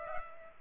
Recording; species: mosquito wingbeat signal from an infrared sensor; Culex pipiens